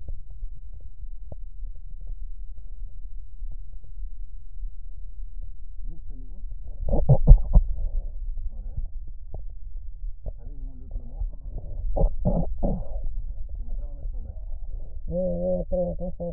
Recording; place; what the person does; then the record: lung sounds by stethoscope; right posterior apical chest; quiet breathing, then cough and speech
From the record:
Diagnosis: interstitial lung disease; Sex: female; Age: 70 years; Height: 160 cm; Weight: 93 kg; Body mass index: 36.3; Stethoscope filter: extended mode